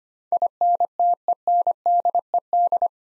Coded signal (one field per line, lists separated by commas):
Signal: Morse code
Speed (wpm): 25 wpm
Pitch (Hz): 700 Hz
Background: none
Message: INTENDED